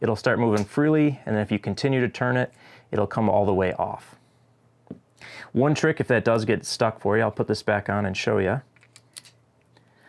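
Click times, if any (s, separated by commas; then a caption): 9.2 s. Someone talks for most of the clip, then turns a bolt head back onto the bolt carrier of an MDP-9, making a few small metallic clicks. The bolt head locks onto the carrier with a click at 9.2 s.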